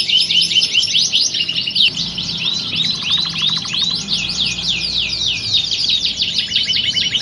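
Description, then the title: Belgian canary song with fast high slurred trills, then a lower pulsed rattle beneath continuing sweeping notes. Belgian canary song used to warm up birds and build their mental readiness for singing contest training. "Canto Para Esquentar Canário Belga. Simulasi Lomba Kenari. Suara Kenari Lomba. Melatih Mental Kenari Juara"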